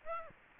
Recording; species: mosquito wingbeat signal from an infrared sensor; Aedes aegypti